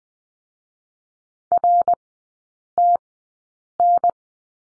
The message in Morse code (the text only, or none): RTN